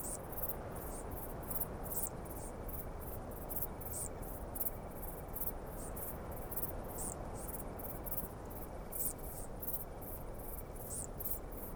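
Bush crickets give thin, high, rapid chirps about every second over a steady, dense roar of cold evening wind, with a faint whistling tone underneath.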